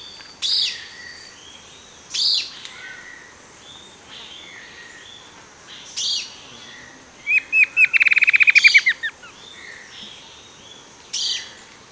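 Bird calling with sharp high chirps spaced a few seconds apart and, midway, a fast trill of rapidly repeated notes, over a steady hiss.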